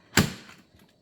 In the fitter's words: okay and as you saw going to click into place